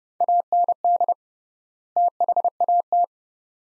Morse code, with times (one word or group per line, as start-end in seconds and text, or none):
0.2-1.1 AND
2.0-3.0 THAT